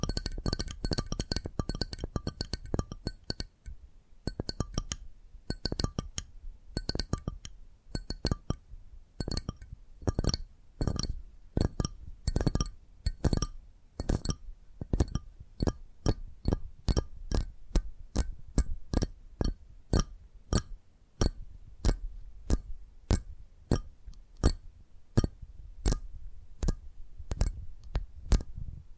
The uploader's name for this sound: Addictive Tapping Triggers